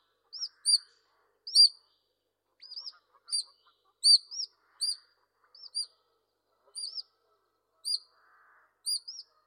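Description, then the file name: Eurasian otter giving high, thin whistled chirps, each a short rising-then-falling note, repeated irregularly, sometimes in quick pairs, over a quiet background. "otters british mammals"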